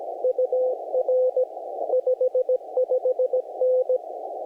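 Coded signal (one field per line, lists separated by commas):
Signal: Morse code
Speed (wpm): 18 wpm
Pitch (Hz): 530 Hz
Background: radio noise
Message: UR 55N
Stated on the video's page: QRP Parks on the Air activation during a G2 geomagnetic storm with poor conditions, Yaesu FT-891 and compromise Gabil 7350TC antenna.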